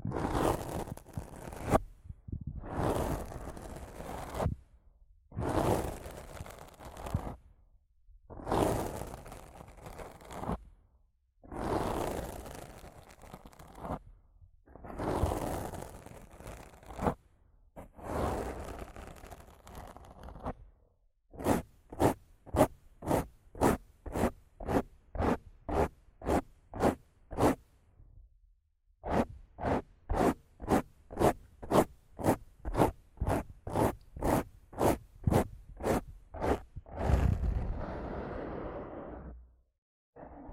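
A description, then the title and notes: Rough scratching and brushing on a microphone, starting with slow, long strokes about every two seconds for the first twenty seconds. It then shifts to quick, crisp, evenly spaced scrapes, several per second, with a short pause near thirty seconds, ending in one heavier rub. ASMR Rough Mic Scratching & Brushing (No Talking).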